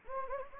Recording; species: mosquito wingbeat signal from an infrared sensor; Anopheles gambiae